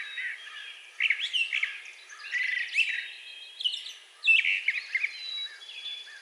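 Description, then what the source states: Brown thrasher delivering short bursts of chirpy, slurred notes with brief pauses between. Recorded on 4 June 2020.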